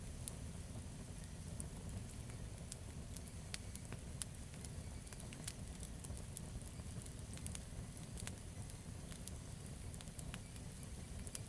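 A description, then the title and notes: A gentle campfire crackles throughout, with sharp, bright pops and snaps scattered irregularly every fraction of a second, some louder than others. Beneath them runs a steady, dense low rumble that stays even from start to finish. Campfires: Soothing & Calm Campfire. Immerse yourself in the crackling sounds of a gentle campfire, creating a serene ambiance perfect for relaxation and connection with the comforting embrace of the great outdoors.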